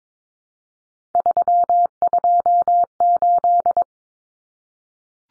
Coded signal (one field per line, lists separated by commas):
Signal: Morse code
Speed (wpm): 22 wpm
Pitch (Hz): 700 Hz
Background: none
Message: 328